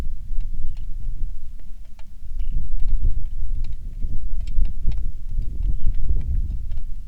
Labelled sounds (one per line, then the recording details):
songbird
wind
rain
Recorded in the Prudhoe Bay oil fields, Alaska, on 27 July 2019 at 18:25
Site 19